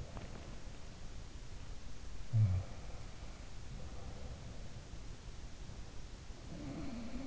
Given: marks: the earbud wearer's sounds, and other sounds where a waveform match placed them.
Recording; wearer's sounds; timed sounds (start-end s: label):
sounds in sleep by an in-ear microphone; teeth grinding, body movement
0.07-0.64 s: teeth grinding
0.07-1.32 s: body movement
2.36-4.70 s: sound from someone else or the room
5.73-7.27 s: sound from someone else or the room